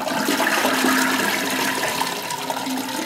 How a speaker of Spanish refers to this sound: Ah, claro, vos que defendés la permacultura, en vez de poner un baño seco, ponés el ruido de una cisterna. Qué bien lo tuyo.